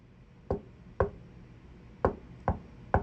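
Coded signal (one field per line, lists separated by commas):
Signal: tap code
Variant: Vietnam POW tap code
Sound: two sharp knocks, a short pause, then three more knocks on a hard surface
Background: quiet room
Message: H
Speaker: if you wanted to tap and say uh let's say uh we want to say hi okay the letter H would be a second row third column so it would be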